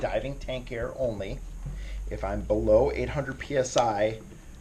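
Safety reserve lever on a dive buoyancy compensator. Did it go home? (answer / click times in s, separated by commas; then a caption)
no / none. Someone talks while the safety reserve lever on a dive buoyancy compensator is handled, about to be pushed down into its locked position. No click or snap is heard, and the lever has not locked into place yet.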